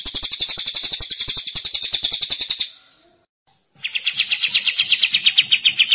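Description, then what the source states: Bird song: a long run of fast, sharp high chirps, a brief silence, then a slightly lower rapid trill of repeated notes. Track meant to make a listener's own bird join in singing immediately.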